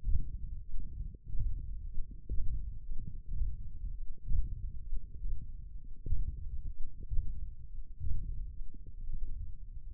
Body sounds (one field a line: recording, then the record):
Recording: forearm muscle sounds (acoustic myography)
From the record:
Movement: hand opening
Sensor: system 1, eight BSWA MPA416 microphones around the upper forearm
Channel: 2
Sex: male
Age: 21 years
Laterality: right